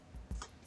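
An M.2 SSD card is slid into its motherboard slot and pushed down until it snaps into place. A low thump at 0.3 s is followed by a sharper, brighter snap at 0.4 s. The snap is the card securing, not anything breaking, and the card is seated.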